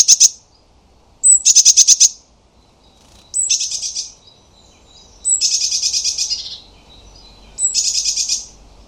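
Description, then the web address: Eurasian blue tit giving repeated high churring scolds, five quick bursts of rapid buzzy notes, several opening with a thin upslurred note, spaced about a second apart. "cianscape birddata Deverinetal 2025 File origin Bird Only Cy Ca"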